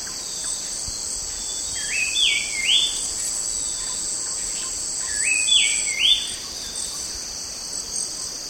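White-chested babbler whistling two phrases of quick rising notes, each note sliding upward, against a constant shrill insect chorus.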